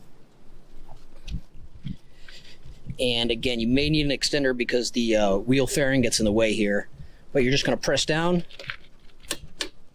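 A click-type torque wrench, fitted with an extender past the wheel fairing, is pressed down on a lug nut of an aluminum travel trailer wheel. Someone talks over faint handling clatter, then the wrench gives sharp clicks at 9.3 s and 9.6 s, reaching its set torque.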